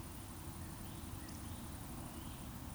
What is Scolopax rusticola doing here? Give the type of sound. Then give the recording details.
whistle. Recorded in Baden-Württemberg, Germany, on 24 June 2020 at 19:41 UTC. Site 44173, 218 m above sea level